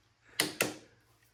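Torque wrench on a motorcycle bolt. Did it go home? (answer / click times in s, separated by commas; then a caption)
yes / 0.4 s, 0.6 s. A torque wrench is pulled once more on an already-torqued bolt of a YZ250 motorcycle, giving two quick, sharp clicks at 0.4 s and 0.6 s over a quiet background. Each click rings briefly before fading, confirming the bolt is at torque.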